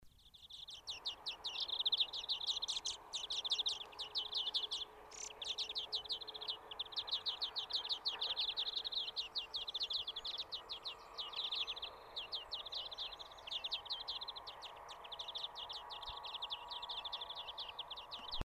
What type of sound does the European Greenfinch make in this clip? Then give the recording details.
song. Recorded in the wild. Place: Garmisch-Partenkirchen, Bayern, DE. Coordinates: 47.4917, 11.0956. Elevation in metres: 704. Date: 1973-04-28. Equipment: Nagra. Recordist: Tretzel, Erwin. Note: genauer Ort unbekannt, Garmisch-Partenkirchen, Frühpirsch: Gesang